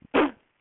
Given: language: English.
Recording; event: throat vibration sensor signal played as sound; cough